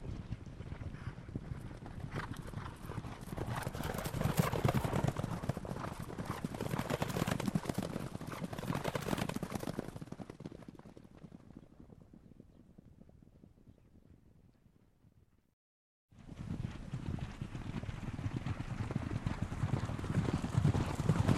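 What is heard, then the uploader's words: Horses shuffle and clop in a dense, busy patter that fades out around twelve seconds, goes silent briefly, then abruptly resumes near sixteen. The gentle sounds of horses.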